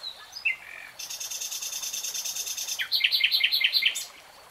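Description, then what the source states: Nightingale song: a short whistle, then later a rhythmic burst of loud repeated notes. Nightingale singing, in real time.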